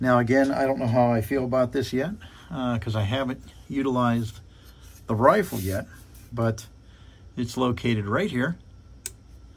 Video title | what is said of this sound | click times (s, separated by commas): AIRSABER PCP ARROW RIFLE | you can hear that audible click | 9.1 s